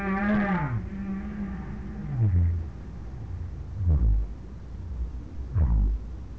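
Whale moans: a low tonal call with rich harmonics falling away, then three short downsweeping groans over a steady low rumble.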